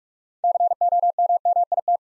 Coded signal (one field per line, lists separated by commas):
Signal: Morse code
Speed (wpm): 44 wpm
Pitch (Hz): 700 Hz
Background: none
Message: COMMIT